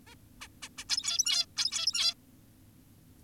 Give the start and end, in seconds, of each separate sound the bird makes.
0.07-0.15, 0.41-0.48, 0.62-0.69, 0.78-0.85, 0.90-1.46, 1.57-2.14